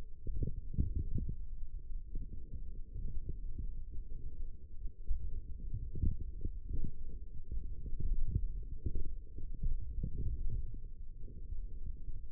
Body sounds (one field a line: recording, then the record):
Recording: forearm muscle sounds (acoustic myography)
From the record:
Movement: forearm supination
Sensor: system 1, eight BSWA MPA416 microphones around the upper forearm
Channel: 3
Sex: male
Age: 20 years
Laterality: left